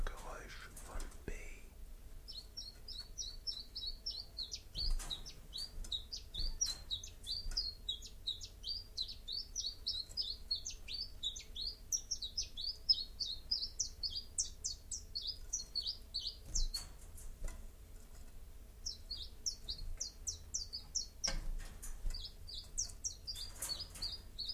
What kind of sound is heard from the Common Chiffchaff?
song